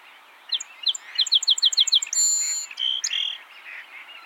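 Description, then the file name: Song sparrow singing a fast series of crisp repeated notes, then a bright buzzy burst and a few slurred whistled notes to finish. "Melospiza melodia - Song Sparrow"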